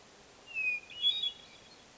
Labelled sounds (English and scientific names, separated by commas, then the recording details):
Hermit Thrush (Catharus guttatus)
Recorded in Sonoma County, California